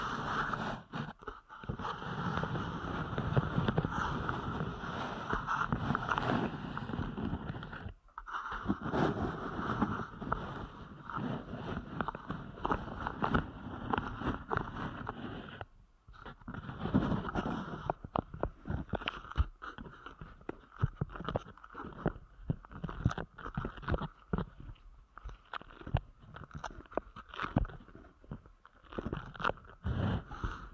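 Deep ear canal massage, heard as dense, rough rubbing and crackling that fills the low and middle range. Sharp silent gaps break it near 1, 8 and 16 seconds. After that the strokes turn choppier, with rapid, uneven bursts of crunchy scratching.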